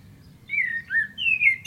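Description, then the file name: Common blackbird song, a few smooth mellow whistled notes, the last one higher and drawn out. "Turdus merula"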